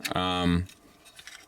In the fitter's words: and then doesn't lock in but which